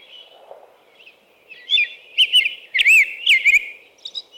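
American robin giving soft notes that build into a few loud whistled slurred phrases midway, then trail off; low hum throughout.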